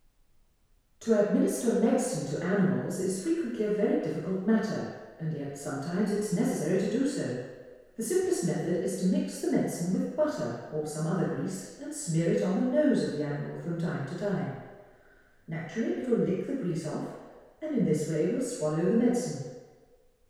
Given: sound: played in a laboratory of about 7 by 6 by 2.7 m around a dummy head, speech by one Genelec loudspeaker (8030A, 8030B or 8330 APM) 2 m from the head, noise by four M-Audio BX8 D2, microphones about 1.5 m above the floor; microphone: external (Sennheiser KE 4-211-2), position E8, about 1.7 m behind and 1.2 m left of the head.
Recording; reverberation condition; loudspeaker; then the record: female speech in English; high; 90 degrees to the left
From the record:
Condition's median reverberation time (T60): about 1300 ms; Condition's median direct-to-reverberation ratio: about -4.0 dB